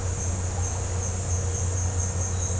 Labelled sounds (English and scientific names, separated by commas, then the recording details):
none
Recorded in pastures near Puerto Asís, Putumayo, Colombia, on 21 December 2024 at 17:30
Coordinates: 0.502, -76.324
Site G077